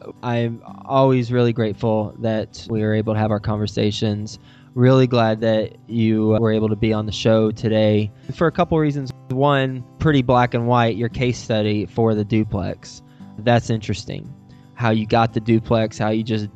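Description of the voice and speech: An adult man speaks fluently and clearly at a relaxed pace, with a steady low-pitched voice and ordinary speech.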